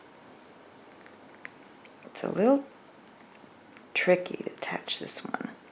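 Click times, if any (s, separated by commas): none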